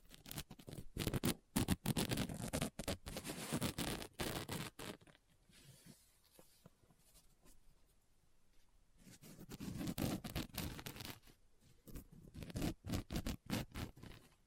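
Scratching and tapping on a book, with dense bursts of quick, crisp strokes and sharp taps from the start to about five seconds. A quieter, sparse stretch follows with faint rustling, then busy scratching returns around nine to eleven seconds and again near the end.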